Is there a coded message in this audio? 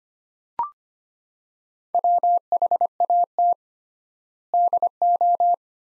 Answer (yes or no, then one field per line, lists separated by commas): yes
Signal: Morse code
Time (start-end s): 1.9-5.5 s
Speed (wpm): 25 wpm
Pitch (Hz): 700 Hz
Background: none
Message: WHAT DO